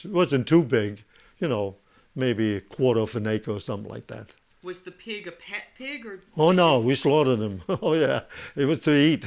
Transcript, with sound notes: It wasn't too big, you know, maybe a quarter of an acre or something like that.
Was the pig a pet pig or did you...
Oh, no. We slaughtered him. ( he laughs ) Oh, yeah. He was to eat.